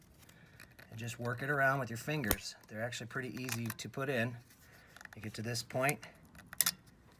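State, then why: Seated. A snap ring is worked around by hand into the groove of an adapter plate on an NP205 transfer case, where it retains a seal. Someone talks throughout, and a sharp metallic snap at 6.6 s marks the ring seating in its groove.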